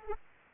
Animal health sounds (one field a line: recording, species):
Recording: mosquito wingbeat signal from an infrared sensor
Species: Aedes aegypti